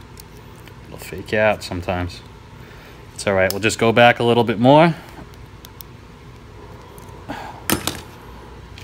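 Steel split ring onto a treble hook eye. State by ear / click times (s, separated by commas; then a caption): seated / 7.7 s. A steel split ring is worked onto the eye of a treble hook with a split ring opener while modifying a Bomber CD30 lure for bigeye tuna; someone talks, and after the ring is backed off a little and pushed again, a sharp metallic click sounds at 7.7 s. The split ring seats onto the hook eye.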